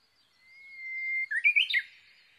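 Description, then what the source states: Japanese bush warbler delivering its song: a sustained pure whistle swelling in volume, ending in a short, jumpy, twisting flourish. Recorded 22 May 2011 at 05:43.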